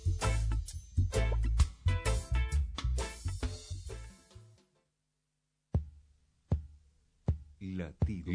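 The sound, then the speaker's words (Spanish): Busy music fades into silence, then a few deep, heavy heartbeat thumps land at a slow, steady pace, each one a low thud standing mostly alone, as the intro of the FM Moreno radio show Latido Americano. “Latido americano.”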